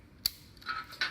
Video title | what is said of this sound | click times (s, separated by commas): Basic mindstorm robot car | so I'm gonna again I'm gonna click that in wait for the click and then | 0.3 s